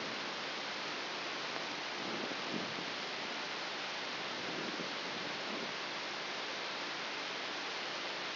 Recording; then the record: brain microelectrode recording played as sound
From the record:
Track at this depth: inside the subthalamic nucleus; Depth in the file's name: 4.398 mm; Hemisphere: left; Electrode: 3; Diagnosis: Parkinson's disease